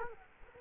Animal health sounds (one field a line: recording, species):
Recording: mosquito wingbeat signal from an infrared sensor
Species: Culex quinquefasciatus